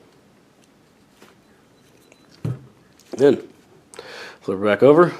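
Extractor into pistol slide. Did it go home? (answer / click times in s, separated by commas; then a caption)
yes / 2.5 s. A pistol extractor is popped into the back of the slide while the plunger is pushed down, and it locks into place with a short, sharp click at 2.4 s. Someone talks afterward.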